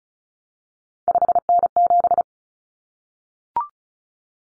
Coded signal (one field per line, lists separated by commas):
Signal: Morse code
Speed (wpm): 34 wpm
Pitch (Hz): 700 Hz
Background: none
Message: 5N7